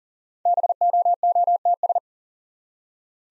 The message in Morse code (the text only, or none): BOOTS